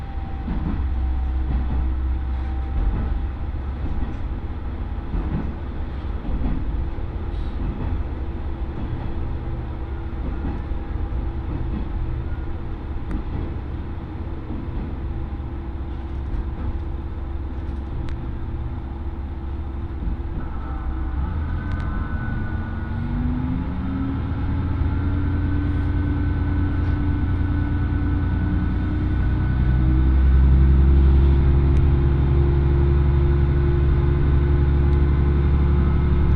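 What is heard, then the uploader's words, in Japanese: A first morning train on the Oito Line pulls out of Itoigawa bound for Minami-Otari, its heavy low rumble steady throughout. Around twenty seconds a rising engine whine climbs in pitch as the train accelerates, growing louder near thirty seconds, with faint rattles and clicks scattered over the drone. 耳で楽しむ鉄道旅 大糸線 糸魚川→平岩。糸魚川を出る大糸線の始発列車で南小谷へと向かいます。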